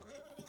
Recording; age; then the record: pig call; piglet (1 to 25 days)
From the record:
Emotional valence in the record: negative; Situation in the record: long isolation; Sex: male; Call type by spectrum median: low-frequency call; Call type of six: mixed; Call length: 0.48 s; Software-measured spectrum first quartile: 443 Hz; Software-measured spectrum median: 879 Hz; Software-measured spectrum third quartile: 3734 Hz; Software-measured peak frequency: 574 Hz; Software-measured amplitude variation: 159 dB a second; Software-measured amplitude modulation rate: 18.5 a second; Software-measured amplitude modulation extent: 8.6 dB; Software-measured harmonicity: 5.5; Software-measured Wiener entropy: -2.26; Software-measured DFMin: 794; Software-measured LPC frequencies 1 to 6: 552, 1331, 2125, 3479, 5700, 6559 Hz